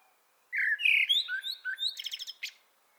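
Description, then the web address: Common blackbird song: a mellow warbled start sliding into a rapid string of thin, squeaky high notes, closing with a sharp final chirp. "pub SETE data Turdus merula"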